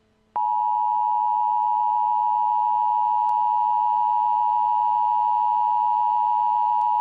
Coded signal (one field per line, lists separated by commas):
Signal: Emergency Alert System (SAME) tones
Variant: 853 and 960 Hz attention tone